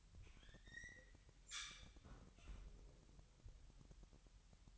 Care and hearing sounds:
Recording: daily activity, microphone in the room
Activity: close fridge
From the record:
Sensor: 3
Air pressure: 1001.9 hPa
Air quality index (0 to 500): 247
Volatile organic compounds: 51 ppm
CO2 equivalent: 3315 ppm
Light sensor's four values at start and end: 12/36/16/13 and 12/36/16/13

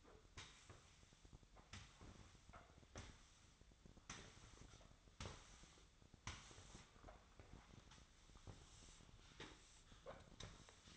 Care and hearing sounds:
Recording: daily activity, microphone in the room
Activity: sweep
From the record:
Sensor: 3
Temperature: 24.4 degrees Celsius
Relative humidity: 34.2%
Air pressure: 1004.7 hPa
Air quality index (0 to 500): 87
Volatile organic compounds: 3 ppm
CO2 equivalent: 1326 ppm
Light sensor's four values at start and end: 7/17/7/6 and 8/15/7/8

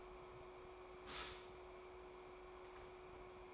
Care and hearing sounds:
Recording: daily activity, microphone in the room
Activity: stop toaster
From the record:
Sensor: 1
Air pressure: 1014.7 hPa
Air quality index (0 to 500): 201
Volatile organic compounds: 34 ppm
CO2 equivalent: 3038 ppm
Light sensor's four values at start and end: 3/8/3/3 and 3/8/3/3

